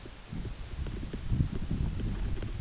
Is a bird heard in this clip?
no